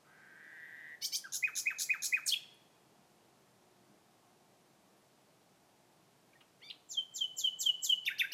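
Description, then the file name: Common nightingale song: a steady whistle leading into a fast series of loud repeated chattering notes, silence, then another rapid repeated burst. "Nachtigall Gesang"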